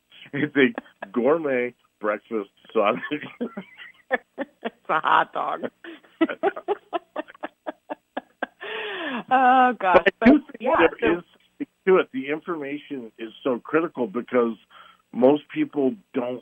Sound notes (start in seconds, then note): 2.8 laughs; 5.8 laughs